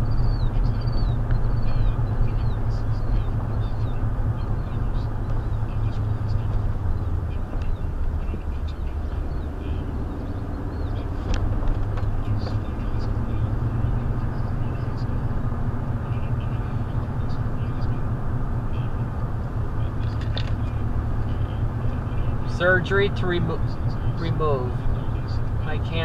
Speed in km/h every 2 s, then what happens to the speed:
39, 37, 35, 29, 26, 34, 40, 40, 39, 37, 39, 40, 37.
0-7 slows to 26. 7-12 speeds up to 40. 12-26 steady at about 39.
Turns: none.